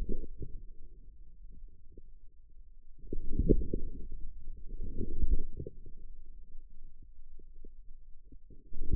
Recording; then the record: forearm muscle sounds (acoustic myography)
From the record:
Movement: outward rotation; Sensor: system 2, bracelet of six BSWA MPA416 microphones around the upper forearm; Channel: 5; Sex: male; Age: 22 years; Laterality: right